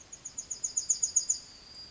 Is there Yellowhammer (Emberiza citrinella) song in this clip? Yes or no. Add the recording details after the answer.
yes. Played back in forest. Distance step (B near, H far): E. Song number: 154